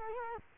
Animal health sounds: mosquito wingbeat signal from an infrared sensor; Culex quinquefasciatus

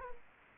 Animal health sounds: mosquito wingbeat signal from an infrared sensor; Culex quinquefasciatus

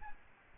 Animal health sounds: mosquito wingbeat signal from an infrared sensor; Aedes albopictus

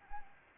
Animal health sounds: mosquito wingbeat signal from an infrared sensor; Anopheles arabiensis

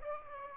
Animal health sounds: mosquito wingbeat signal from an infrared sensor; Aedes aegypti

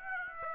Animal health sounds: mosquito wingbeat signal from an infrared sensor; Aedes aegypti

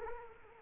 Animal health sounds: mosquito wingbeat signal from an infrared sensor; Culex quinquefasciatus

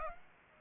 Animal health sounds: mosquito wingbeat signal from an infrared sensor; Aedes aegypti

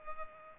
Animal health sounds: mosquito wingbeat signal from an infrared sensor; Culex pipiens

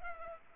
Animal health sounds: mosquito wingbeat signal from an infrared sensor; Culex pipiens

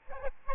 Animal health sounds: mosquito wingbeat signal from an infrared sensor; Aedes albopictus

